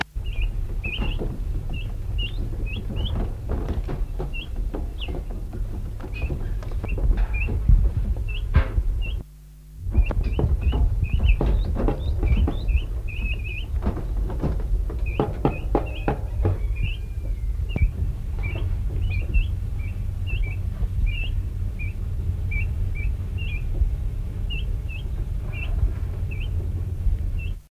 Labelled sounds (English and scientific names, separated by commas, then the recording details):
Black Grouse (Lyrurus tetrix) call
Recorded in the wild
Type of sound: call
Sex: diverse
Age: immature
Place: Mittelstendorf (Soltau), Niedersachsen, DE
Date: 1978-07-30
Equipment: Halbspur, 9,5 cm/s
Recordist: Lütgens, Hans
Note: 6 5-10tägige Birkhühner